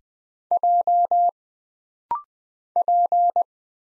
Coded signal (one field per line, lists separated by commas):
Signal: Morse code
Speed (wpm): 20 wpm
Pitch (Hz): 700 Hz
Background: none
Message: J P